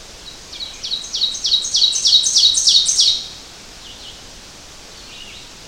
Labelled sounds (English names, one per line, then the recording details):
Ovenbird song
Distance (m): 10 m
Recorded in boreal forest in Alberta, Canada, on 12 June 2016 at 05:44
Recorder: SongMeter 3, array SBT-3-18
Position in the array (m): 151 m, 225 m
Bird 30